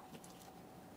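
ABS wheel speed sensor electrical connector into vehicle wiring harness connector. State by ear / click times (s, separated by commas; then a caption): not seated / none. A front ABS wheel speed sensor's electrical connector on a 2015-2019 Subaru Outback is lined up by its locking tabs and pressed toward the wiring harness connector in the engine compartment. Soft handling noises are heard over a steady low background hum. Nothing has seated or clicked yet.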